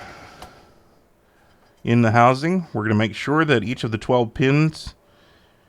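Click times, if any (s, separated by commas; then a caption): none. A circuit board for a 1984–89 Corvette digital instrument cluster is placed into its cluster housing on a static-controlled surface in a shop, with its twelve pins being lined up with the housing's pin connector; it may need to be wiggled back and forth to line up. A faint tick sounds at 0.4 s, then someone talks from about 1.8 to 4.9 s. The board has not been pushed down and nothing has seated or clicked yet.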